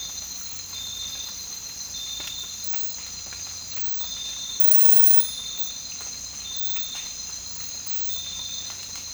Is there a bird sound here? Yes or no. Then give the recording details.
no. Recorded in dense forest near Puerto Asís, Putumayo, Colombia, on 19 March 2025 at 03:30. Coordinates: 0.484, -76.317. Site G064